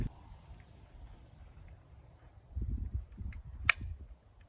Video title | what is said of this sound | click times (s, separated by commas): Common Deer Management Mistakes - Deer & Deer Hunting TV | it's not going anywhere it's not going backwards i can keep cranking it click | 3.7 s